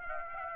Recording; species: mosquito wingbeat signal from an infrared sensor; Aedes aegypti